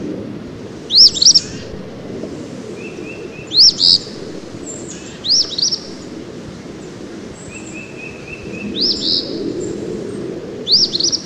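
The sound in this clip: Eastern phoebe giving short, buzzy two-part phrases at irregular intervals, five in all, over a low steady background rumble.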